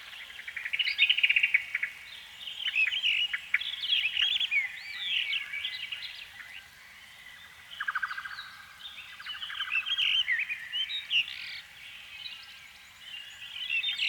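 Canary warbling with varied high chirps, slurred whistles and brief buzzy trills, in waves of louder and softer singing.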